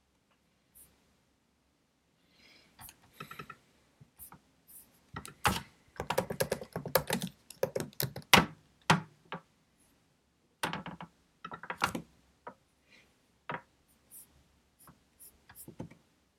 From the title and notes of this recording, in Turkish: Sessiz odada 30 dakika boyunca kurşun kalem ve bilgisayar ile ders çalışma; ortam sesleri, beyaz gürültü alt yapısı, kurşun kalem, klavye, mouse sesleri.